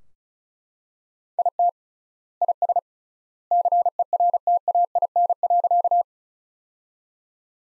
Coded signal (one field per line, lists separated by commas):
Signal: Morse code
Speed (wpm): 36 wpm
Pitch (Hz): 700 Hz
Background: none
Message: IT IS CERTAIN.